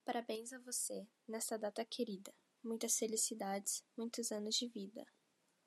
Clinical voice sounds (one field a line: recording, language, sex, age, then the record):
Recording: short text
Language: Brazilian Portuguese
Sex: female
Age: 18 to 19 years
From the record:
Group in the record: control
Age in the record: 18 years